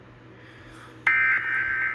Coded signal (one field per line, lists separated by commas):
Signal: Emergency Alert System (SAME) tones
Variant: end-of-message bursts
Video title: The Creepy Addi (EAS Scenario)